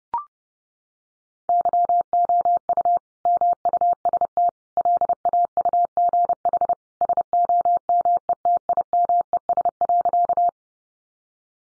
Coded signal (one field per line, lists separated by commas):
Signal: Morse code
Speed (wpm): 30 wpm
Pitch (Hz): 700 Hz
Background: none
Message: YOU MUST LAUGH SOMETIMES.